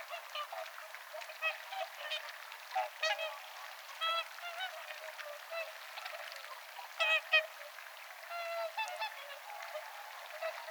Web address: paivat 18 10 2024 laulujoutsenet suodattavat vedesta jotain ruokaa nokallaan